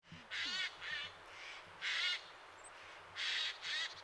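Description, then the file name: Eurasian jay calls: a series of harsh, tearing screeches, each about a third of a second long, coming irregularly with short pauses between them. "Garrulus glandarius"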